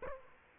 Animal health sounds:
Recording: mosquito wingbeat signal from an infrared sensor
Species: Aedes aegypti

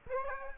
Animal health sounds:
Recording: mosquito wingbeat signal from an infrared sensor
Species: Aedes aegypti

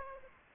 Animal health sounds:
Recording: mosquito wingbeat signal from an infrared sensor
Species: Aedes aegypti

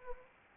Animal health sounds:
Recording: mosquito wingbeat signal from an infrared sensor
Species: Anopheles arabiensis

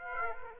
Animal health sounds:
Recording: mosquito wingbeat signal from an infrared sensor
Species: Aedes aegypti

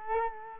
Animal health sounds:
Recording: mosquito wingbeat signal from an infrared sensor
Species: Culex quinquefasciatus

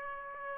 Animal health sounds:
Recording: mosquito wingbeat signal from an infrared sensor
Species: Aedes aegypti

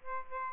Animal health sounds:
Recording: mosquito wingbeat signal from an infrared sensor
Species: Aedes albopictus

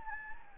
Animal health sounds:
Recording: mosquito wingbeat signal from an infrared sensor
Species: Anopheles gambiae

